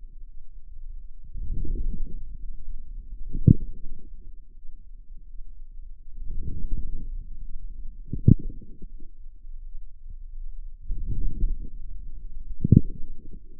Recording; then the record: forearm muscle sounds (acoustic myography)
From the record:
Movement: outward rotation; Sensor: system 2, bracelet of six BSWA MPA416 microphones around the upper forearm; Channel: 4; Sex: female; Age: 23 years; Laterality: right